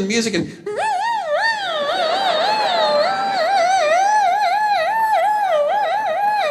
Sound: whale sounds